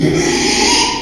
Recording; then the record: squeal of a Yucatan mini pig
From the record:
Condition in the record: after surgery on the right vocal fold (resection and tissue-engineered implant); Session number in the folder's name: 2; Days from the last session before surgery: 13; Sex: male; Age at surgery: 12 weeks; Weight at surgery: 13 kg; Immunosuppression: cyclosporine, prednisolone